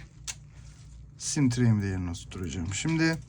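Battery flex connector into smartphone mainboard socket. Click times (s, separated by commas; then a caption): 0.3 s. A battery flex connector is pressed into its mainboard socket on a Samsung Galaxy A34 smartphone after a screen replacement. A single sharp click at 0.3 s marks it seating, and then someone talks.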